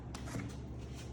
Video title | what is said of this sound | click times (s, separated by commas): Kit instructional video | you'll hear it click, and now you're good to go. | 0.2 s